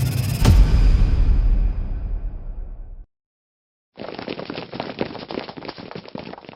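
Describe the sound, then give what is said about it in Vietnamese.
A heavy booming hit rings out and slowly fades. After a brief silence comes a rapid, dense patter of running footsteps on a hard brick floor along a corridor of a large city hospital, steady and fairly loud, with no voices. “Tiếng bước chân rầm rập chạy dẫm trên nền gạch dọc theo hành lang.”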